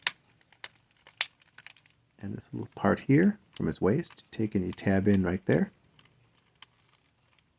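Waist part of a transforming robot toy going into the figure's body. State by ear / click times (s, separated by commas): not seated / none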